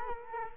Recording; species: mosquito wingbeat signal from an infrared sensor; Culex quinquefasciatus